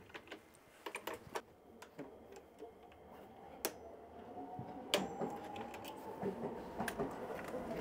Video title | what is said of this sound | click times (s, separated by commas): 【超危険な難工事！絶対に真似しないで】ロープ高所作業によるエアコン取り付け＜しかも配管穴が真ん中＞｜東京 | 気持ち今あのオーバートルクというかトルクレンチカチッとなった後も少し長めにやった感じなんです。 | 3.6 s, 4.9 s